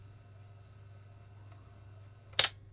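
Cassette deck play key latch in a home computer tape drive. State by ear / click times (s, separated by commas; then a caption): released / 2.4 s. As the tape runs to its end in the built-in cassette drive of a Spectrum +2 home computer, a steady low hum holds until the auto-stop mechanism gives a single sharp click at 2.4 s. The click releases the pressed play key, confirming the auto-stop works.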